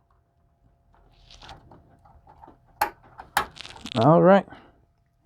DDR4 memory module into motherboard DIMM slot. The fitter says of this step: You heard snap 1 and snap 2. That means it's in there.